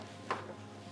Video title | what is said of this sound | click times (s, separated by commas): THIS GENTLEMAN'S YACHT WILL MAKE YOU DREAM OF OWNING HER! "LARIMAR"!!!! | so that you can hear it clicks into position and then clicks out | 0.3 s